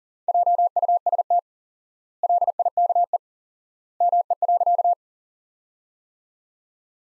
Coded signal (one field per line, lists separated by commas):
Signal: Morse code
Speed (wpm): 40 wpm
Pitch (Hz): 700 Hz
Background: none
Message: JUST LIKE ME.